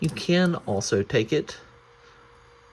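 Someone talks while trying to fit a plastic accessory onto an action figure, and the part does not go in. The speech runs for about the first 1.5 seconds, then only a low, steady background hum remains. Nothing has seated or clicked yet.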